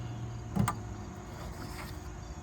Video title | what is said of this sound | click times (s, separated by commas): DIY! HOW TO CHANGE HEADLIGHT BULBS ON A 2011-2017 HONDA ODYSSEY! | once it's on there just give it a little push up it should make a satisfying click sound | 0.7 s